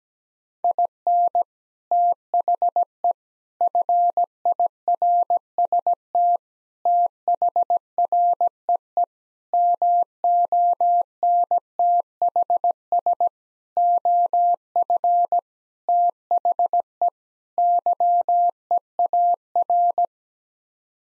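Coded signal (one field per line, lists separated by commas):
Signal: Morse code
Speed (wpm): 17 wpm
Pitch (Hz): 700 Hz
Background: none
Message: IN THE FIRST THREE MONTHS OF THE YEAR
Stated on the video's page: Morse practice sending sets of 8 common English words at 17 wpm for head-copy, each set sent twice.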